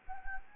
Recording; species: mosquito wingbeat signal from an infrared sensor; Anopheles gambiae